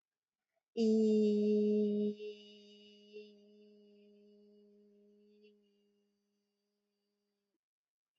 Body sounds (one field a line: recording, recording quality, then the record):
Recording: sustained vowel as in beet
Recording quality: excellent, no background noise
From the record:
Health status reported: healthy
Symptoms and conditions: none ticked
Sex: female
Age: 32 years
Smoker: not ticked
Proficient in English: yes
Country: India